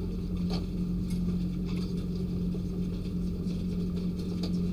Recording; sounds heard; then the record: poultry house recording; no chicken sound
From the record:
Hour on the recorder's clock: 1